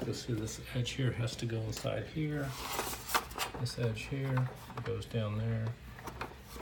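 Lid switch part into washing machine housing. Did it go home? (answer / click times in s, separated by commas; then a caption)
yes / 6.2 s. Someone talks while a lid switch part is pushed down inside a washing machine housing. A couple of faint ticks come just before a sharp snap at 6.2 s, and the part is confirmed snapped in place and good to go.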